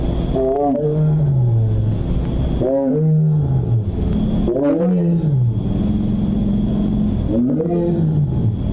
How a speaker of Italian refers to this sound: vi facciamo sentire una dopo l'altra tre tigri che però sono tutte del Bengala, e il fatto che siano tutte del Bengala parlano chiaramente lo stesso dialetto. Esatto, ecco. Esatto. Allora sentiamo Bagheera, che è un esemplare maschio.